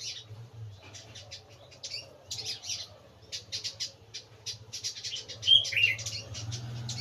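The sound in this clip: Bird chirping in rapid, uneven clusters of high notes, with a brief louder whistled phrase near the end over a constant low hum.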